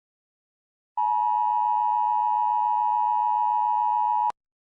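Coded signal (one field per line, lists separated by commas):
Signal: Emergency Alert System (SAME) tones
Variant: 853 and 960 Hz attention tone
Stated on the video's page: Fictional text-to-speech EAS scenario, not a real broadcast.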